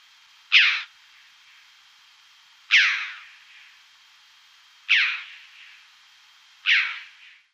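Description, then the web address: Chough call, four loud abrupt notes repeated roughly every two seconds, each fading quickly into quiet. "Schulze Peter Chough calls"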